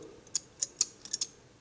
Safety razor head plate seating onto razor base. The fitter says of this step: you don't need much force just P push it down slightly and when you hear that clicking sound